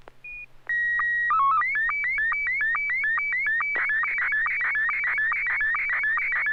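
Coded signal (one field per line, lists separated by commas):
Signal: SSTV (slow-scan television)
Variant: Scottie 1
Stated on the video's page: SSTV net on an FM repeater on 441.300 MHz in Sacramento, sent with MMSSTV software.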